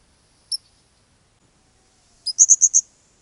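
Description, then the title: Blue-crowned hanging parrot calls: a single high, sharp chip followed after a pause by a brief stuttering burst of four or five very high, rapid notes. "SERINDIT"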